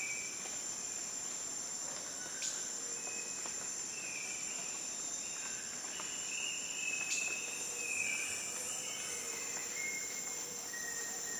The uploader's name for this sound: Costa Rica jungle atmosphere